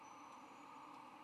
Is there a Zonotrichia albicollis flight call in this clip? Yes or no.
no